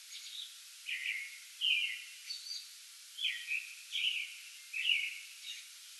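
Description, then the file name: American robin song: rich, slurred whistled phrases in short groups, with brief pauses between them, and a quiet hissing background. Pre-dawn song bout recorded 8 May 2022. "2022-05-08 American Robin pre-dawn song bout"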